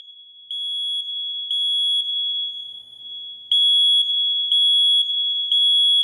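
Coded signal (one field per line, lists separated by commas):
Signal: alarm pattern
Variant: smoke detector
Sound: shrill high-pitched alarm tone pulsing every half second, nearly continuous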